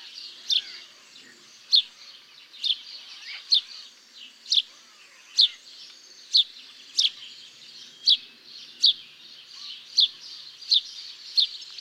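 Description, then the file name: House sparrow chirps, sharp clear notes repeated about once a second, with softer chirping beneath. "Passer domesticus"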